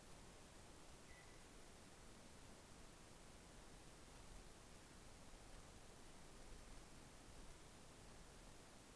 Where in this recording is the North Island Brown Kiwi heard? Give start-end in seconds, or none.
none